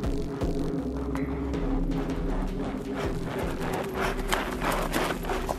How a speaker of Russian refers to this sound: Когда кони немного устают, мы возвращаемся к спокойному шагу.